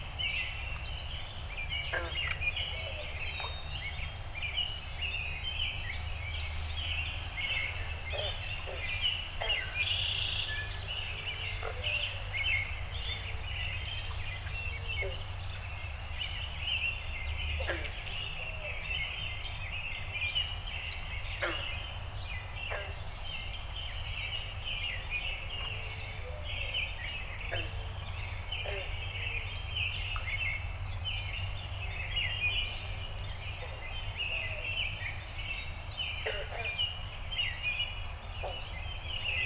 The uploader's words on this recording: Dawn Recording in My Backyard. As always, the Zoom F6 and Audio Technica BP 4025 microphone performed flawlessly. I am very fortunate to live on a small inland lake in northern Michigan.